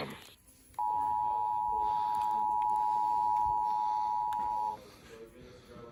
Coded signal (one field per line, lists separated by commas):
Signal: Emergency Alert System (SAME) tones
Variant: 853 and 960 Hz attention tone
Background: speech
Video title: MISSOULA TESTED EARLY THIS TIME... EAS Tests from November 2023 (EAS #3,227 - 3,290)